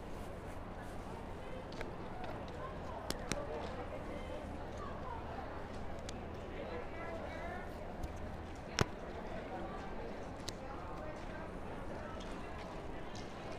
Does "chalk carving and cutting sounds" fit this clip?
no